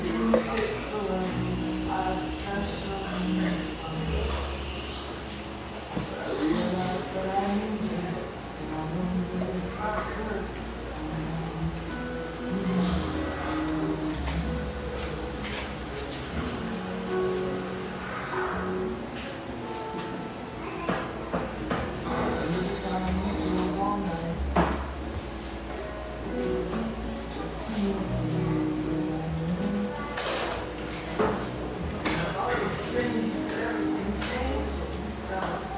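A busy cafe with a steady hum of overlapping conversation throughout, voices rising and falling without pause. Low rumbling stretches come and go underneath, and sharp clinks and clatters of dishes punctuate the chatter every few seconds, with a brighter burst around the twenty-third second.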